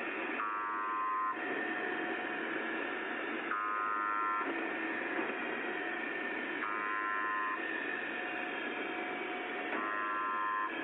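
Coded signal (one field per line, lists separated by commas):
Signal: channel marker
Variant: UVB-76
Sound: repeating roughly one-second buzzes, about four in eleven seconds, over steady radio hiss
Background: radio static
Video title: Les Stations nombres & Station UVB-76 !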